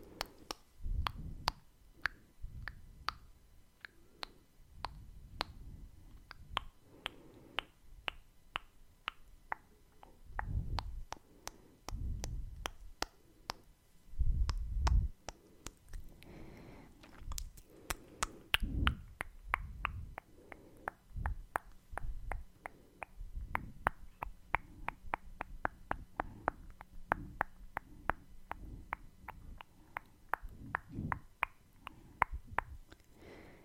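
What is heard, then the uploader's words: Crisp tongue clicks and wet mouth sounds pop in quick, irregular runs throughout, each a sharp tick. Soft low thumps and rustles, like hands brushing the face, swell now and then, notably around 10–15 and 18–20 seconds. ASMR Mouth Sounds (Tongue clicking, Kissing sounds, Breathing, Face Touching).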